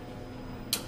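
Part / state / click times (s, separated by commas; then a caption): locking key in a lathe collet drawbar / seated / 0.7 s. The collet-closer locking key on a Tormach lathe's collet drawbar is returned toward the locked position and twisted slightly forward or back until it drops in. Over a steady low background hum, a single short, sharp tick sounds at 0.7 s as the key clicks into its locked position.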